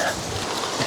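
A support arm on an Ironman 4x4 Deltawning shower awning is swung out toward its extended position on the awning frame. Only a steady, broadband rushing noise is heard throughout. Nothing has locked into place or clicked yet.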